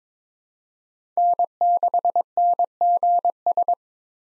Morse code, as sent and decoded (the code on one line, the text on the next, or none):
-. -.... -. --. ...
N6NGS